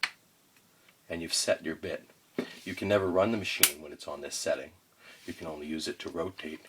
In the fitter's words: I then tend to turn it to my hammer function and then you'll hear a static click when you rotate it